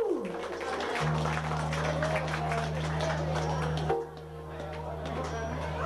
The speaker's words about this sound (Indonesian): Tepuk tangan dulu